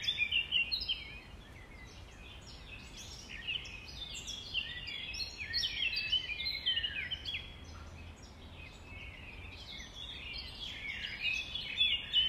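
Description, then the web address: Common nightingale singing continuous bright phrases of whistles, chips and trills, loudest at start and end. Nightingales recorded at dawn, around 05:33 on 5 May 2020. "2020 05 06 nightingales"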